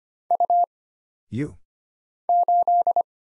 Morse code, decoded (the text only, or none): U 8